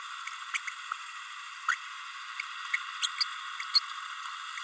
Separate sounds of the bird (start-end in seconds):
0.54-0.58, 1.68-1.75, 2.73-2.77, 3.02-3.07, 3.20-3.25, 3.74-3.81